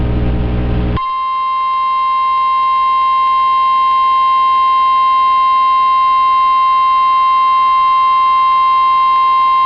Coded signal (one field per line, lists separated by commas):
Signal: Emergency Alert System (SAME) tones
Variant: 1050 Hz attention tone